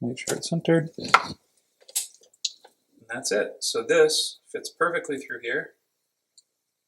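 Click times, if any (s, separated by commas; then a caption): 6.4 s. A metal snap fastener on a small leather AirTag case is pressed closed. Someone talks through most of the clip, and after the talk a quiet click is heard at 6.4 s as the snap closes and seats.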